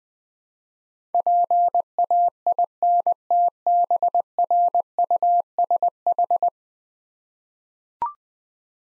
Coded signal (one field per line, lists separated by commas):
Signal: Morse code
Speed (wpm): 21 wpm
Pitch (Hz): 700 Hz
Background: none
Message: PAINTBRUSH